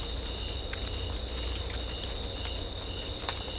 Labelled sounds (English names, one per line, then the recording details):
none
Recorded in secondary vegetation near Puerto Asís, Putumayo, Colombia, on 18 December 2024 at 01:00
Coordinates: 0.500, -76.326
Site G065